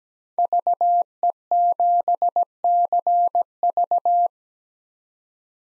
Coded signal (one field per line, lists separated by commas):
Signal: Morse code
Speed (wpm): 17 wpm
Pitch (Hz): 700 Hz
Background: none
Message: VE7CV